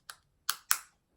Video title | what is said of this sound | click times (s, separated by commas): SaeboStim ONE : Replacing your gel electrodes | the back of the blue clip until you hear it click in place. | 0.5 s, 0.7 s